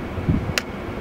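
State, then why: Released. To reset a sticky cable, the plastic reel dial of a shoe's cable lacing system is popped open, giving a single sharp, bright click at 0.6 s over a low background rumble. The reel pops out and the lacing is released.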